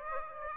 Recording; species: mosquito wingbeat signal from an infrared sensor; Aedes aegypti